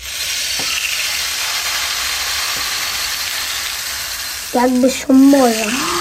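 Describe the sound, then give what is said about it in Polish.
An African rain stick is tilted, giving a steady, even rushing hiss like falling rain or frying, sustained for several seconds before a voice briefly speaks at the end. “No ciekawe, co nasi zagadkowi słuchacze sobie teraz wyobrazili, ale to jest właśnie kij deszczowy, afrykański kij deszczowy.”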